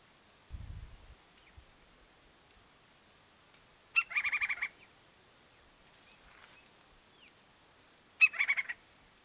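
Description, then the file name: Woodpecker calls: two harsh rattling bursts, each opening with a sharp note and running into rapid repeated notes, preceded by a brief low thump. "canto do pica pau"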